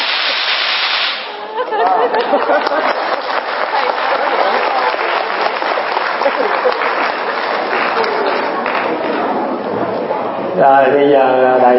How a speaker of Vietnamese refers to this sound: Sau bây giờ chúng ta cùng vỗ tay đón mừng năm mới hòa lẫn với tiếng pháo của ngày đầu xuân.